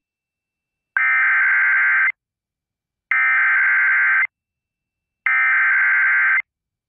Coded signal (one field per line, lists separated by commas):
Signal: Emergency Alert System (SAME) tones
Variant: header bursts